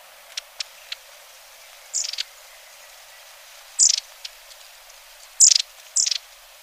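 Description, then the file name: Long-tailed tit calls: several short, high, thin bursts in small clusters, with a few faint clicks between. "Mesange a longue queue"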